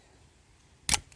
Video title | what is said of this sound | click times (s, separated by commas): 1984-1990 Ford Escort EXP Mercury Lynx Dashboard Removal and Headlight Switch | You just heard that click. That's the sound of it releasing. | 0.9 s